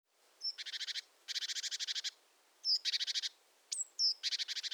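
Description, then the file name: Great tit scolding: a bright high note leading into long rattling buzzy churrs of fast even pulses, four bursts in quick succession. "Parus major"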